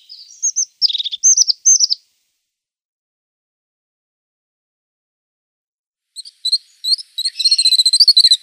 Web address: Schulze Peter Crested Tit song